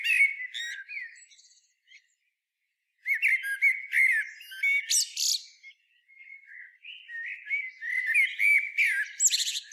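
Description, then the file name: Common blackbird singing mellow whistled phrases that break into thin, scratchy high twitters, with a silent gap of about a second between bursts. "Turdus merula"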